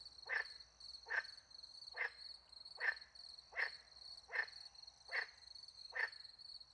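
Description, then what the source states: Frog calls, regular short notes about every three-quarters of a second, with crickets chirring steadily behind. Frogs with crickets at night in countryside beside a little pond, France; microphones hidden in a tree close to the pond; two Usi Pro microphones into a MixPre 10 II recorder.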